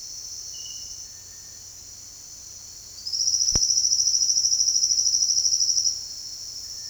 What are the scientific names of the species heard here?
Crypturellus cinereus, Sclateria naevia